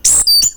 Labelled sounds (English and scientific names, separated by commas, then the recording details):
Stitchbird (Notiomystis cincta) song
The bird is a male
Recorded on Tiritiri Matangi Island, New Zealand, in 2005
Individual 17, of nest box 25